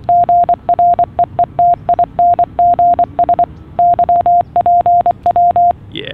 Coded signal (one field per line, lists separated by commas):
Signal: Morse code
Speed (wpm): 24 wpm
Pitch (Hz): 700 Hz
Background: none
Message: GREETINGS YPW